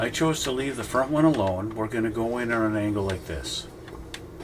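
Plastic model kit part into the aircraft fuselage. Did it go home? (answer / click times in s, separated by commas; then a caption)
yes / 3.9 s, 4.1 s. Someone talks while a plastic part of a 1/72 scale B-2A stealth bomber model kit is pushed into the aircraft fuselage at an angle so its tabs go in, leaving the front tab alone because it would not go in if the part were lined up straight. Two short, sharp clicks sound at 3.9 s and 4.1 s as the part seats.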